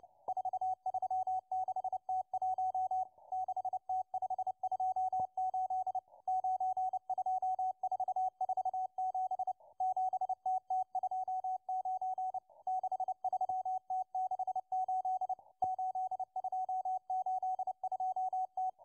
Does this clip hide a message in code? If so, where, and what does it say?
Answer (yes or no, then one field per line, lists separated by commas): yes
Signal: Morse code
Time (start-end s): 0.3-18.7 s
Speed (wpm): 29 wpm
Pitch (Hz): 750 Hz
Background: radio noise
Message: 436T1 6T528 92447 7TT29 63T68 8282T